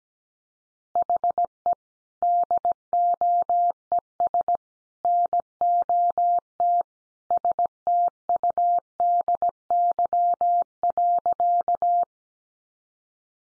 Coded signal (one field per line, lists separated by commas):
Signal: Morse code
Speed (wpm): 17 wpm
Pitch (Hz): 700 Hz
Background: none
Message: HE DOES NOT STUDY.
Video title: Additional Easy Phrases 17wpm